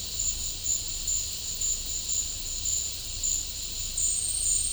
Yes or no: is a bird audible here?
no